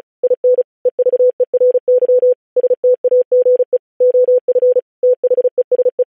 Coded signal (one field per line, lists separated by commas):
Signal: Morse code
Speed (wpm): 36 wpm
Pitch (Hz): 500 Hz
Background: none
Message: IN EVERY STAGE OF THESE